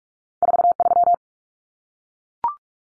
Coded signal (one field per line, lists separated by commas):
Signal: Morse code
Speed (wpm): 44 wpm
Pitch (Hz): 700 Hz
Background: none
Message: 43